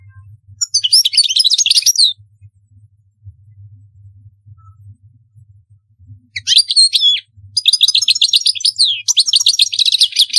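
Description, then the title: European goldfinch song: a short twittering phrase, a pause with low hum, then longer runs of rapid tinkling notes and buzzy trills. "Chant Chardonneret"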